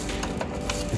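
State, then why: Seated. The right side of the upper plastic mounting part of a piece of RFID equipment is pushed so it joins the blue coupling piece. Short clicks are heard at 0.4 s and 0.7 s over a steady background, and the part seats properly in the coupling.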